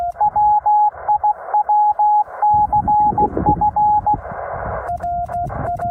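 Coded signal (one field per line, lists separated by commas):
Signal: Morse code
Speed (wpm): 16 wpm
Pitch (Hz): 840 Hz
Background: radio noise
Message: WIWCF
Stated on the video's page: Winter Field Day park activation with CW on 10 to 80 meters, Yaesu FT-891 at 5 watts, 17-foot whip antenna with radials.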